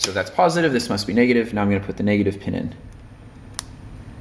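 Someone talks while the negative crimped pin of a battery lead is pushed into a plastic connector housing. A single sharp click is heard at 3.6 seconds as the pin seats in the housing.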